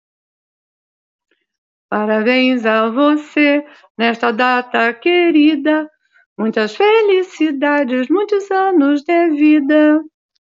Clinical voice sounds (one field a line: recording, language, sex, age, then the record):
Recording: short text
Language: Brazilian Portuguese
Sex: female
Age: 70 to 79 years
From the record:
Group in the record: control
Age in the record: 73 years